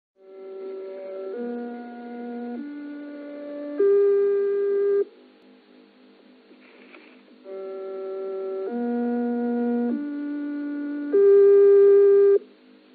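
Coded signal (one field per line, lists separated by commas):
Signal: numbers station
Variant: G08 interval signal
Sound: four sustained electronic notes in sequence, about a second each, then repeated after a pause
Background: radio static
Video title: Zahlensender/Number Station "G08" (4 Note Rising Scale/Magdeburg Annie) DDR/GDR (1980)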